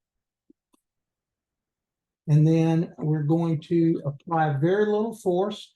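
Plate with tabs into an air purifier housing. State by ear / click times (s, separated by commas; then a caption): not seated / none. A plastic plate's small tabs are dipped into their slots on a Vollara Air & Surface Pro+ air purifier housing during annual maintenance, lining it up before it is pushed in with light force. Two faint, brief contact ticks come at about 0.5 and 0.7 seconds, then someone talks from about 2.3 seconds to the end. Nothing has snapped in yet.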